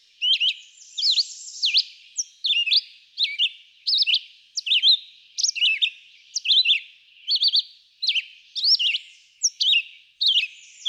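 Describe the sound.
Red-eyed vireo song made of quick slurred notes in short phrases, repeated over and over with brief gaps.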